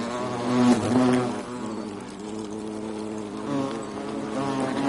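European hornet flight buzz, a deep hum that surges loudest near the start, then settles to a softer wavering drone.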